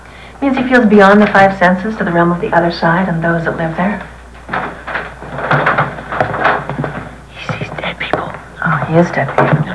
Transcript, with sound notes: It means he feels beyond the five senses to the realm of the other side and those that live there.
(whispering to Peggy) He sees dead people.
He *is* dead people.